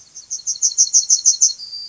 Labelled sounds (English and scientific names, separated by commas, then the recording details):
Yellowhammer (Emberiza citrinella) song
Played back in grassland
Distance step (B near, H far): B
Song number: 035